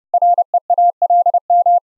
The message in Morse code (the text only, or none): REALM